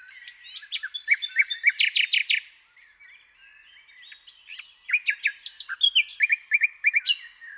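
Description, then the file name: Common nightingale song: two loud phrases of rapid repeated chirps separated by a quiet pause with soft twittering. "Luscinia megarhynchos"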